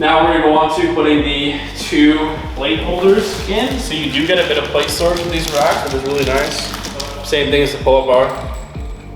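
A steel plate-storage holder is being handled for a squat rack, ready to be pushed into its mounting hole on the rack's steel upright and bolted. Someone talks over background music. Nothing has seated or clicked yet.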